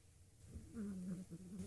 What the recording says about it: Can you hear the dog snoring? I've got two sleeping dogs on my lap because it's freezing and they're using me as a human heating pad. And one of them is a bit of a snorer. She's older now.